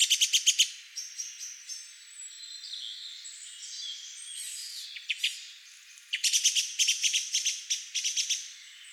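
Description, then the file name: Common blackbird calls: bursts of sharp, rapid clicking notes at the start and again after six seconds, with fainter twittering and thin whistles between. "Turdus merula"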